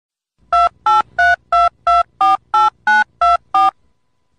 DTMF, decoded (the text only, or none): 2832248924